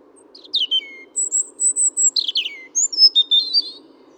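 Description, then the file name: European robin singing: downslurred thin whistles, a long high sustained note, then twittering descending notes and a final warbled flourish; low steady hum throughout. "Erithacus rubecula"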